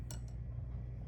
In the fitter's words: And it should, if I slide it properly, it snaps into place just like that.